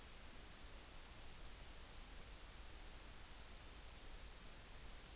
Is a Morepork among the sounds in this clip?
no